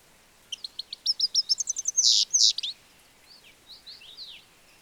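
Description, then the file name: European goldfinch calls: a rapid run of high chirps, two harsher buzzy notes, then a few faint twitters over a steady background hiss. "Carduelis carduelis"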